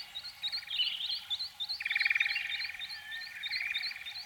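Canary song, quiet, with a string of short repeated chirped notes over rapid buzzy trills that start, pause and resume.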